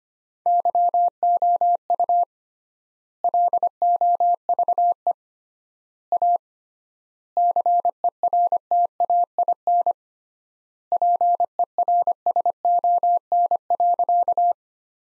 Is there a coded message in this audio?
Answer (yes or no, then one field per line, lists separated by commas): yes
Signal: Morse code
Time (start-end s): 0.5-14.5 s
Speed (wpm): 25 wpm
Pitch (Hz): 700 Hz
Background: none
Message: YOU LOVE A CERTAIN PERSON.